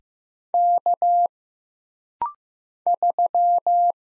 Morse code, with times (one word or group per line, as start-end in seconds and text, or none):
0.5-1.3 K
2.9-3.9 3